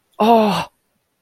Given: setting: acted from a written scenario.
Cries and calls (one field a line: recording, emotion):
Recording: vocal sound without words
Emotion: pain